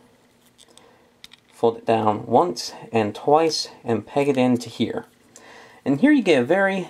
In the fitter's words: rotate the nose section bring it up it'll snap into place